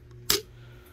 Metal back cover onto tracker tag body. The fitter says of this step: so it stays on, clicks into place